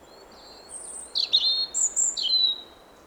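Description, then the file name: European robin song: a faint thin note, then a few high, sweet, varied phrases with thin whistles, over steady background hiss. Possibly 18 September 2024. "Erithacus rubecula 240918"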